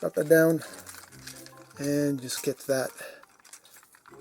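Someone talks while handling the body section of a Magic Square Tornado (MP Vortex) transforming robot figure, bringing it forward and down so its plastic tabs drop toward their slots. Faint, brief plastic handling ticks are heard between the words. Nothing has seated or clicked into place yet.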